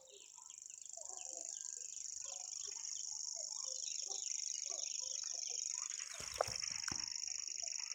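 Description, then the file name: Common grasshopper warbler reeling continuously, a high buzzing trill slowly swelling, with low calls below and a brief sharp clatter near the end. "reti tucsokmadar hangja"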